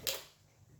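A plastic stopper is given a quarter turn into the lid of a manual food processor, and a short tick is heard at 0.1 s as it locks in place. The stopper ends up seated and fixed.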